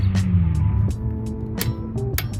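A click-type torque wrench with a special socket tightens a wheel lug nut, with steady low humming and tonal background music throughout. The wrench clicks sharply at its set torque at 2.2 seconds, and someone talks.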